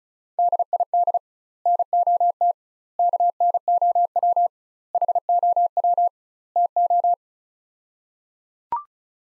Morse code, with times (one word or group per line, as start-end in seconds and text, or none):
0.4-1.2 DID
1.7-2.5 NOT
3.0-4.5 KNOW
4.9-6.1 HOW
6.6-7.1 TO